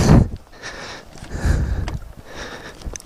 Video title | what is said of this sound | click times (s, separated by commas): TRYING TO FIX MY SNOWMOBILE - BAD NEWS !!! | Huh, that one's not clicking in. | none